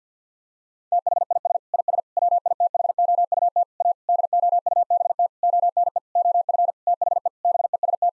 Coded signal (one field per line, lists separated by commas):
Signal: Morse code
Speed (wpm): 50 wpm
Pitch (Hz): 700 Hz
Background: none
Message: THIS IS WITHOUT A DOUBT ONE OF THE BEST